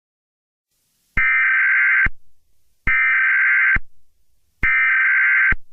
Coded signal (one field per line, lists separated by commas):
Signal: Emergency Alert System (SAME) tones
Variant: header bursts